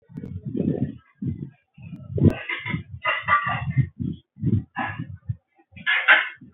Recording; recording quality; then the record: heavy voluntary cough; poor, much background noise or distortion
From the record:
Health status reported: healthy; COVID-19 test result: not tested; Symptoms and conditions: none ticked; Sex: male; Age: 25 years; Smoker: not ticked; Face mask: not worn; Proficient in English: yes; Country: India